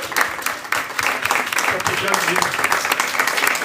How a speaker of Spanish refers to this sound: por favor, un aplauso para José Luis y Carmix, en serio, que se lo merecen